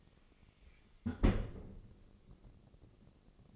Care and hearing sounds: daily activity, microphone in the room; close fridge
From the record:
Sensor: 4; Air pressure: 996.0 hPa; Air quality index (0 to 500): 61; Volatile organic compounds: 2 ppm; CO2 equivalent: 1084 ppm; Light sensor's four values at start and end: 15/41/15/17 and 17/45/17/19

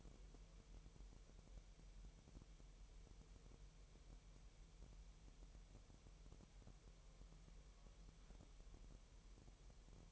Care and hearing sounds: daily activity, microphone in the room; wipe stove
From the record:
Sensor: 1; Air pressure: 1000.9 hPa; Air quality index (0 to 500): 248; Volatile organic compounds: 149 ppm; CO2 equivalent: 4016 ppm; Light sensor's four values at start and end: 12/28/11/12 and 12/28/11/12

